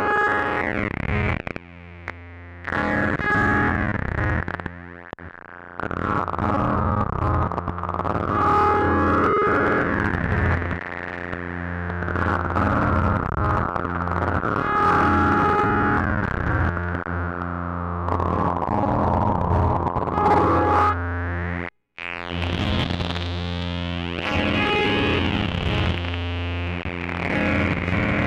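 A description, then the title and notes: Square-wave synth tones buzz with stacked, gritty overtones and sweeping filter glides, steady and loud, with brief dropouts near 2, 5 and 22 seconds. Playing with Square Waves. Modules used: Bastl ABC mixer, Befaco Rampage, Even VCO, Pico RND, Make Noise Maths, Morphagene, 0-coast, Ornament and Crime, Zlob SVF, Diode Chaos, Mutable Instruments Clouds.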